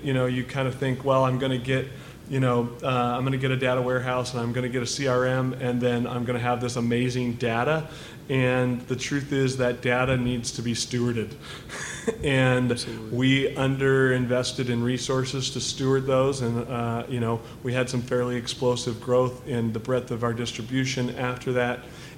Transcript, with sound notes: You know, you kind of thin, well, I'm going to get, you know, I'm going to get a data warehouse and I'm going to get a CRM and then I'm going to have this amazing data. And the truth is that data needs to be stewarded. [Laughs] Absolutely. And we underinvested in resources to steward those and, you know, we had some fairly explosive growth in the breadth of our distribution after that.